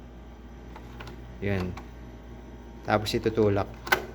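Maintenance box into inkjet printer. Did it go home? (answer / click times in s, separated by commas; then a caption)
yes / 3.9 s. A new plastic maintenance box is pushed into its slot in an Epson L5590 inkjet printer while someone talks. A sharp double click sounds at about 3.9 seconds as the box seats into place.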